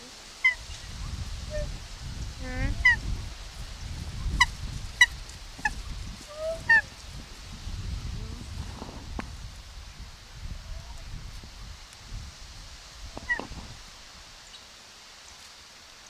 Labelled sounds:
Hawaiian Goose call
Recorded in captivity
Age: adult
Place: Wildlife Park Shubenacadie, Nova Scotia, CA
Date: 1991-10-10 10:55
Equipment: Sony WM-D6C, Sony ECM-939 LT (Stereo), Kopie Uher 4400 IC
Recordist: Frommolt, Karl-Heinz

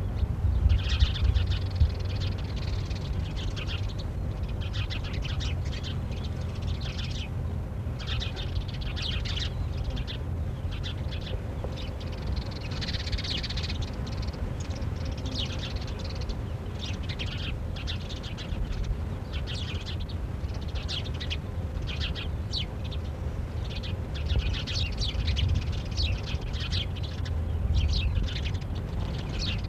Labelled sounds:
Spanish Sparrow call
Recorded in the wild
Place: Langadas, GR
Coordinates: 40.7325, 23.1203
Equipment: Halbspur, 9,5 cm/s
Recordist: Lütgens, Hans

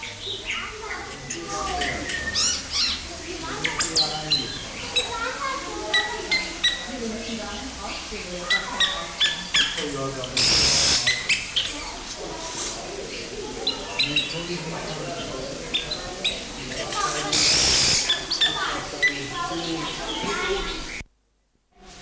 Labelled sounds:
Yellow-rumped Cacique
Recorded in captivity
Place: Zoo Berlin, Berlin, DE
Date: 1992-10-24 11:40
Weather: bedeckt, 4-6°C
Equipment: Marantz CP 430, Sennheiser ME 80, Kopie Tesla B 116
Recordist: Tembrock, Günter

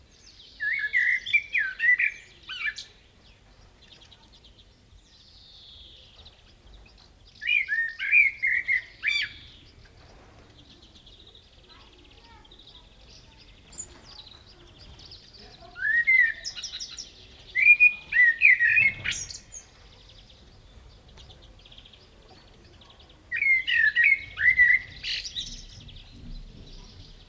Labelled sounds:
Common Blackbird song
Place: Serrahn, Mecklenburg-Vorpommern, DE
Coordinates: 53.6673, 12.3475
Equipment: NAGRA III BH, Sennheiser MD21
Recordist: Schubert, Michael

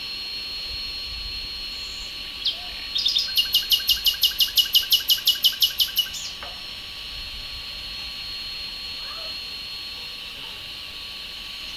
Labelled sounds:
Common Nightingale song
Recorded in the wild
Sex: male
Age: adult
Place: Lübars (Fließtal), Berlin, DE
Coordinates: 52.6167, 13.35
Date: 2000-05-06 11:43
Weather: sunny, ca. 20 - 22°C
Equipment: Nagra SN, Kopie Uher 4000 Report Monitor
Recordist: Tembrock, Günter

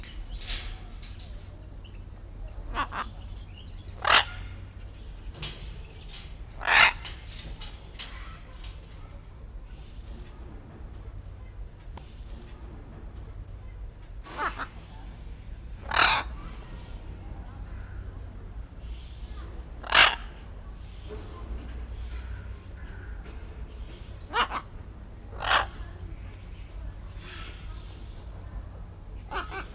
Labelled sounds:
Military Macaw call
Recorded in captivity
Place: Tiergarten Schönbrunn, AT
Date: 1994-09-28 14:35
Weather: bedeckt, 22°C
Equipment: Marantz CP 430, Sennheiser ME 80, Kopie Uher Variocord 263
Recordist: Tembrock, Günter

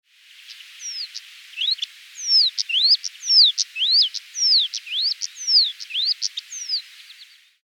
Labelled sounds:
European Stonechat
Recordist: Frommolt, Karl-Heinz
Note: Rufe

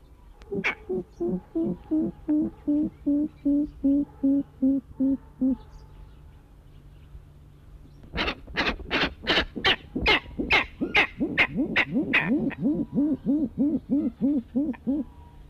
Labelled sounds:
Grey-winged Trumpeter call
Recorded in captivity
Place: Zoo Osnabrück, DE
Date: 1976-11-15
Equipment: Halbspur, 9,5 cm/s
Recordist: Lütgens, Hans
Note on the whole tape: Einer vielseitig. Zoo Osnabrück

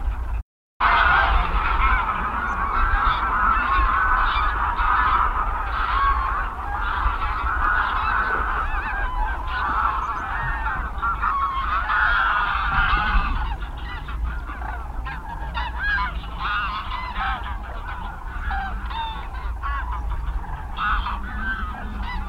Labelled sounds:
Greylag Goose call
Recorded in the wild
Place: Ummanz, Insel Rügen, Mecklenburg-Vorpommern, DE
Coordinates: 54.481, 13.211
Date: 1975-09-21 05:30
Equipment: Nagra III BH, Sennheiser MD 21, parabola
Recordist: Schubert, Michael

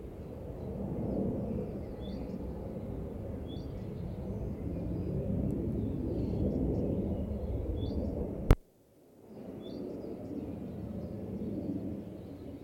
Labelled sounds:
Willow Warbler
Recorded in captivity
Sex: male
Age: adult
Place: Volierenanlage, Zoologisches Institut Universität Tübingen, Baden-Württemberg, DE
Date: 1964-05-26
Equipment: Nagra III PH, kleiner englischer Parabolspiegel, LGS26
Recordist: Schneider, Hans-Joachim

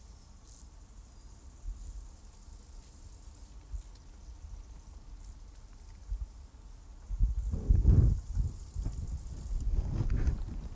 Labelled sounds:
Field Grasshopper stridulation
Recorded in the wild
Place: Strausberg, Barnim, Brandenburg, DE
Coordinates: 52.5533, 13.8819
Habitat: meadow
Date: 1989-08-12 16:31
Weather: sonnig, 26,5°C
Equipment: Riporter 6 RG-K, Halbspur, Sennheiser MKH 416 T
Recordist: Frommolt, Karl-Heinz
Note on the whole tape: Annatal, Feuchtwiese: Gesang. Bestimmung rein akustisch

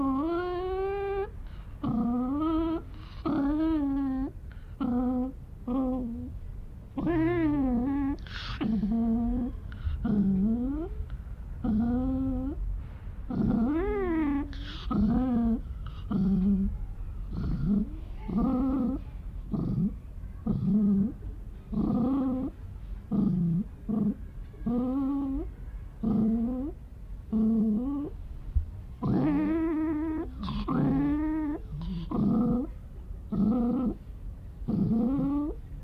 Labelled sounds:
Arctic Fox growling
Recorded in captivity
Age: adult
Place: Zoo Halle, Sachsen-Anhalt, DE
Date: 1977-09-06 16:15
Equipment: Nagra SN, Kopie Uher Variocord
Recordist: Tembrock, Günter
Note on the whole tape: Knurren und Knurrwinseln gegen Beobachter. Abstand 50 cm. Sehr gute Aufnahme

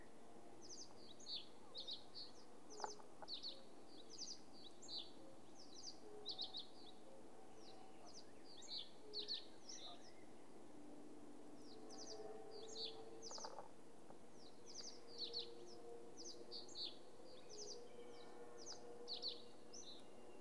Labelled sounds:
Fire-Bellied Toad call
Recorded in the wild
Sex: male
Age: adult
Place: Bernau bei Berlin, Barnim, Brandenburg, DE
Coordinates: 52.6658, 13.6145
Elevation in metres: 77
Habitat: pond
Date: 2019-04-30 20:28
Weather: 15°C, clear, almost windless
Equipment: Zoom H4nSP
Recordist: Frommolt, Karl-Heinz

